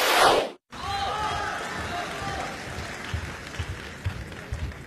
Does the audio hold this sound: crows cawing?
no